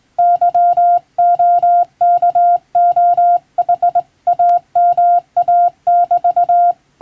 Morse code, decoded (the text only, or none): YOKOHAMA<BT>